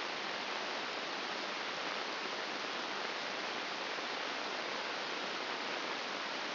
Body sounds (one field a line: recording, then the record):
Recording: brain microelectrode recording played as sound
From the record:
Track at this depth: inside the subthalamic nucleus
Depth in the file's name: 2.904 mm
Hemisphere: left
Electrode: 2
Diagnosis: Parkinson's disease